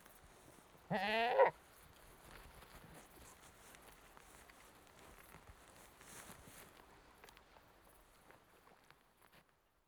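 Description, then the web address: Saanen goat giving a single loud, wavering bleat lasting about half a second, followed by quiet background hiss. One British Saanen goat, a livestock animal, bleating. "BBC Sound Effects Library. One British Saanen Goat Bleating"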